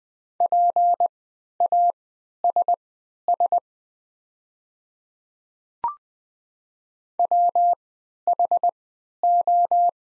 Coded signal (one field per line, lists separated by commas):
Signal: Morse code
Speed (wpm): 20 wpm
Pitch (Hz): 700 Hz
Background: none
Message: PASS WHO